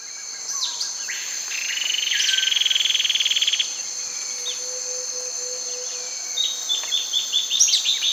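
Bird call, a loud buzzy trill lasting about two seconds, followed by scattered short chips and a series of quick notes near the end, over a steady high drone.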